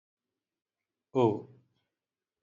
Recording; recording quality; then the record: sustained vowel as in boot; poor, much background noise or distortion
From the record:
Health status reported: healthy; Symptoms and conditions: none ticked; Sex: male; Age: 50 years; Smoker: not ticked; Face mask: not worn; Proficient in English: yes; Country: India